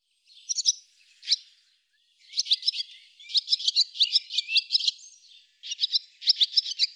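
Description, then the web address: Barn swallow twittering calls: short clusters of high, bright chirps in bursts, with a brief pause near two seconds before a longer run of rapid notes. "cianscape birddata Deverinetal 2025"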